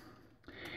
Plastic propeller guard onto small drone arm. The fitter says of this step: just snaps in place now